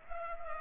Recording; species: mosquito wingbeat signal from an infrared sensor; Culex pipiens